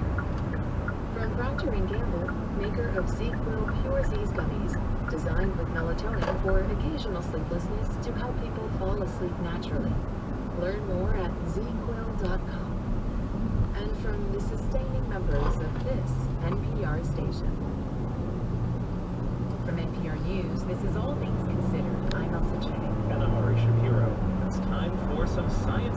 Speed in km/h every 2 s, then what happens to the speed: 82, 77, 72, 71, 66, 60, 50, 40, 35, 39, 53, 64, 74.
0-16 slows to 35. 16-26 speeds up to 74.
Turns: 12-19.